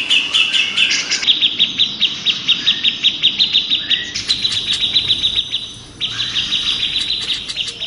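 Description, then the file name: Grey-cheeked bulbul song, fast rattling chatter in pulsing bursts, briefly dropping away near six seconds before resuming just as dense. Simulated songbird contest recording featuring a trio of birds. "audio simulasi lomba cucak jenggot trio omkicau"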